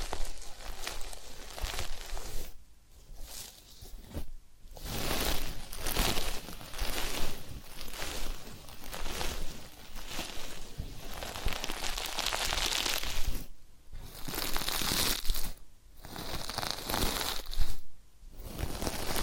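Massage and ear cleaning sounds: dense, crinkly rubbing and scratching that fills the range from low to very bright, moving in uneven strokes. Short silent gaps break it up near 3, 4.5, 13.5, 16 and 18 seconds, with occasional faint high chirps.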